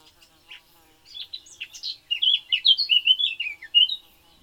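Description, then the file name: Eurasian blackcap singing, a faint subdued twitter for the first second, then a loud, varied run of fluted whistles. "Sylvia atricapilla"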